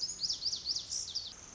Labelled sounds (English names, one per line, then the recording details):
Pacific Wren
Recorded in Sonoma County, California